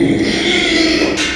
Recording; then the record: squeal of a Yucatan mini pig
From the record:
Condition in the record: after surgery on the right vocal fold (resection and tissue-engineered implant); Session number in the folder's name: 2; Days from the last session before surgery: 13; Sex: male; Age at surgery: 12 weeks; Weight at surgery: 13 kg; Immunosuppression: cyclosporine, prednisolone